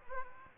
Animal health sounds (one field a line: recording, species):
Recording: mosquito wingbeat signal from an infrared sensor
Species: Aedes aegypti